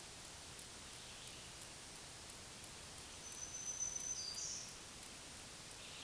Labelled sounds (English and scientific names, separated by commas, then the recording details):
Black-throated Green Warbler (Setophaga virens) song
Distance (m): 25 m
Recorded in a Pennsylvania forest on 1 June 2023 at 08:47
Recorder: AudioMoth, point grid3_1_low
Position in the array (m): 183 m, 21 m